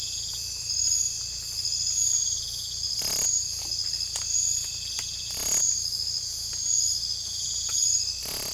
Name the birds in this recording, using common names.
none